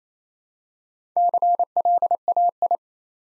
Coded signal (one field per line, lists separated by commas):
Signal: Morse code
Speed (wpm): 27 wpm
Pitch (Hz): 700 Hz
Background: none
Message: CLAI